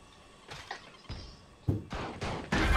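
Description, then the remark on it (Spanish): A series of video game melee shotgun blasts, about six sharp booming bursts at irregular intervals, the later ones louder and closer together, with no talking. “Los tres primeros disparos de escopeta melee.”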